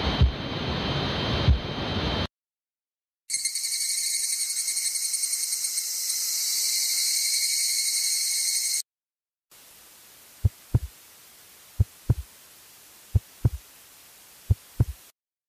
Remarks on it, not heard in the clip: Ringing, buzzing, hissing, electrical noise, or crickets are related to damage to the hearing organ, the cochlea roaring, pulsing, or whooshing can be related to a treatable medical condition. I recommend seeing an ear, nose, and throat doctor so you get an evaluation.